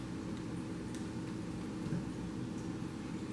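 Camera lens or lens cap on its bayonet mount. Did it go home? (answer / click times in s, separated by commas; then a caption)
no / none. A Canon EF 50mm f/1.8 STM lens, or its cap, is being handled on its bayonet mount, with a steady low hum and faint soft ticks of handling. Nothing has seated or clicked into place yet.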